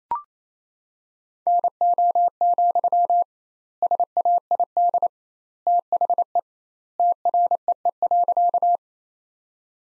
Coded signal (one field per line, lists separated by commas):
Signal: Morse code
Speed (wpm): 28 wpm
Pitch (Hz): 700 Hz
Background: none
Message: NO, SAID THE TREE.